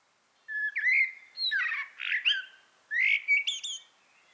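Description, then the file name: Common blackbird whistled, warbling phrases with slurred notes and squeaky twittering ends, in two bursts, in quiet surroundings. "Turdus merula"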